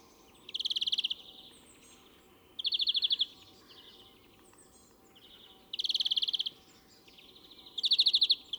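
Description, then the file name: European greenfinch giving short, rapid, buzzy trill bursts, four of them spaced one to three seconds apart, with faint twittering between. "Chloris chloris"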